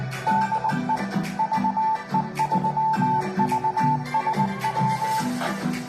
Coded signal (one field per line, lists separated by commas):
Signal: Morse code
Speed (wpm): 19 wpm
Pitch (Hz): 880 Hz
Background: music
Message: DE VE3VSW